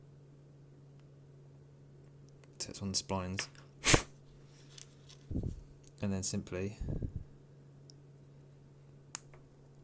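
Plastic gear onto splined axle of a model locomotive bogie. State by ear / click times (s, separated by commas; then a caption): seated / 9.2 s. A small plastic gear is pushed down onto the splines of an axle and pressed fully home during a rebuild of an N gauge Graham Farish Poole chassis locomotive bogie for a Class 47 and 37. Someone talks over a low steady hum, then a single sharp click sounds at 9.2 s as the gear seats onto the axle splines.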